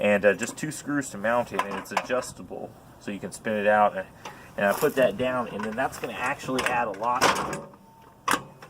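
Someone talks while a metal fold-out support arm under an RV entry step, mounted with two screws and adjustable so it spins out, is swung down into position. A sharp tick at 8.3 s marks the arm locking down in place.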